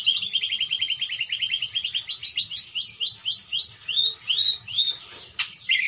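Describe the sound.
Parakeet chatter: fast runs of high chirps and short rising squeaks, repeated several times a second throughout, with one sharp click near the end.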